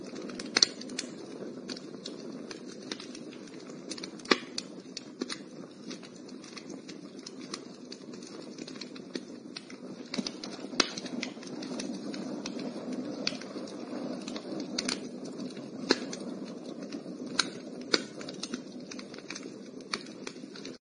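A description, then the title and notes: A small red clay stove burns with a steady, low, muffled roar that holds even throughout. Sharp crackles and pops break through irregularly, a few bright snaps standing out near the start, around the middle, and toward the end, with quieter ticks scattered between. The rain at night promotes sleep and the small stove made of red mud is comfortable.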